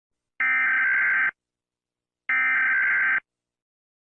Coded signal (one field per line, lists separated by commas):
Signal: Emergency Alert System (SAME) tones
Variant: header bursts